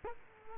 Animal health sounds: mosquito wingbeat signal from an infrared sensor; Culex quinquefasciatus

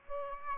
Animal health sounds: mosquito wingbeat signal from an infrared sensor; Aedes aegypti

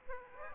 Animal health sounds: mosquito wingbeat signal from an infrared sensor; Aedes aegypti

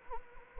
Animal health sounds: mosquito wingbeat signal from an infrared sensor; Anopheles gambiae

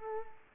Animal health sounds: mosquito wingbeat signal from an infrared sensor; Aedes aegypti

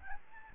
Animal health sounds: mosquito wingbeat signal from an infrared sensor; Aedes albopictus

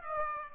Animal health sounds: mosquito wingbeat signal from an infrared sensor; Aedes aegypti

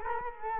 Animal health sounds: mosquito wingbeat signal from an infrared sensor; Culex quinquefasciatus

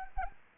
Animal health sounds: mosquito wingbeat signal from an infrared sensor; Anopheles arabiensis

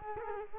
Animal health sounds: mosquito wingbeat signal from an infrared sensor; Culex quinquefasciatus

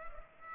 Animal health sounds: mosquito wingbeat signal from an infrared sensor; Culex pipiens

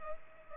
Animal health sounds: mosquito wingbeat signal from an infrared sensor; Culex pipiens

